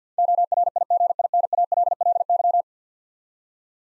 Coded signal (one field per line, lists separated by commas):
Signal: Morse code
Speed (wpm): 50 wpm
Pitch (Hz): 700 Hz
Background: none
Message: ORIGINALLY